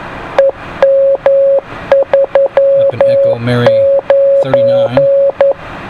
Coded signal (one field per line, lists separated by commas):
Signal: Morse code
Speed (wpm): 11 wpm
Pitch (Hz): 550 Hz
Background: speech, radio noise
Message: EM39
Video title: Tropo Opening 3 September 2012 902 MHz and Above Contacts